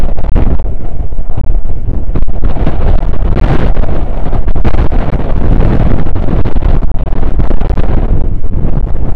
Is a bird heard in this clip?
no